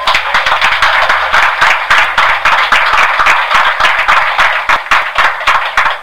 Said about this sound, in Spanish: Den un aplauso a Dios, ¿vale?